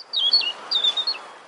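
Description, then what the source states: Robin song: quick, squeaky high warbles with some downward-sliding notes, in a few short phrases. Robin singing in a city; research shows some city birds are changing their songs.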